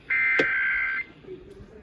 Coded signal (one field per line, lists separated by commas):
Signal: Emergency Alert System (SAME) tones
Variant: header bursts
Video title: TEXAS REQUIRED MONTHLY TEST (RMT) (REAL EAS#1917-1920)